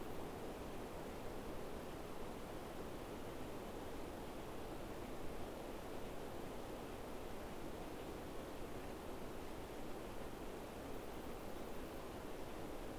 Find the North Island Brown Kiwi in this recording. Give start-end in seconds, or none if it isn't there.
none